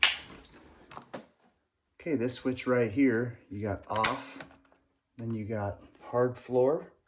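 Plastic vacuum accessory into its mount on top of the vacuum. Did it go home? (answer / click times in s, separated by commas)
yes / 0.0 s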